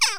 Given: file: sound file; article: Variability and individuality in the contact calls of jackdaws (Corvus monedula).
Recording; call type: jackdaw call; harmonic